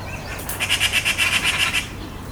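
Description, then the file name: Eurasian magpie delivering a single dry, rattling chatter of many fast, evenly spaced harsh notes lasting over a second. "Pica pica"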